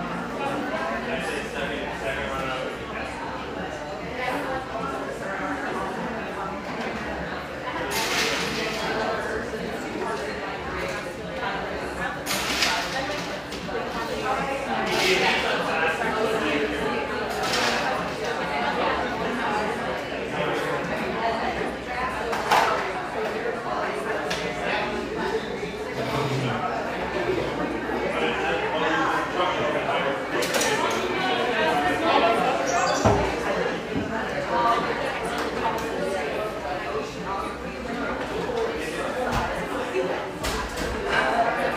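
A steady murmur of many voices fills the Pearl District in Portland, Oregon, with frequent sharp clinks and clatters scattered throughout the clip.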